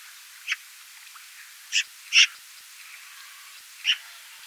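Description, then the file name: Eurasian magpie giving harsh, rasping single notes, four scattered calls of uneven spacing, the third loudest, over a faint steady hiss. "Pica pica"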